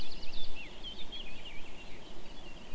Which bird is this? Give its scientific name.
Sylvia atricapilla